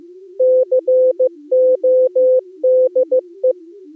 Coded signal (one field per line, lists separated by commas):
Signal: Morse code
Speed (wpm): 15 wpm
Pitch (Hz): 510 Hz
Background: music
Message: CODE